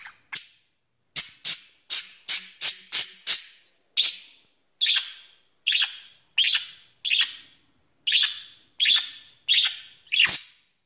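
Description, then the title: Budgerigar calling with sharp clicks in a quick run, then a steady series of short scratchy chirps. "Budgie Sounds"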